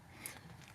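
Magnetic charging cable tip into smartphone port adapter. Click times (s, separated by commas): 0.3 s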